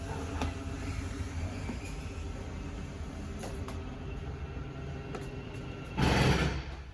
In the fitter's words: and there you go you heard the clicking so you know you're fully extended